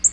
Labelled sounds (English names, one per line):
Black-throated Green Warbler flight call